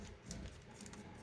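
A kill key is pushed into its slot in a KR OR Revenge lightsaber hilt with an SF V3 custom chassis and pops into place at 0.3 s, seating fully. A few faint, quick ticks follow around 0.8–0.9 s over a low, steady background.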